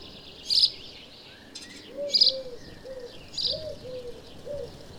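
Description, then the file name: House sparrow chirps, three spaced notes, with soft low notes underneath and background hiss. "Passer domesticus"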